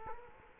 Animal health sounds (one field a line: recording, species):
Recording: mosquito wingbeat signal from an infrared sensor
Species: Culex quinquefasciatus